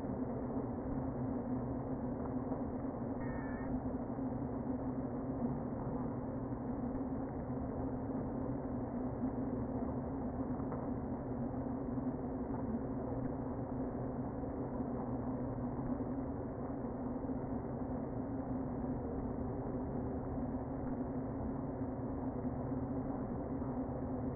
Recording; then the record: honeybee colony, microphone inside the hive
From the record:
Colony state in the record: queen present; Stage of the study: before two queens were removed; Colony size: about 60,000 bees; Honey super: yes